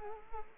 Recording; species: mosquito wingbeat signal from an infrared sensor; Culex quinquefasciatus